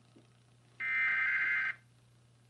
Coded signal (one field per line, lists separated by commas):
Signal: Emergency Alert System (SAME) tones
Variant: header bursts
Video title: PBS Kids Program Break (2004 WNED) with EAS Required Weekly Test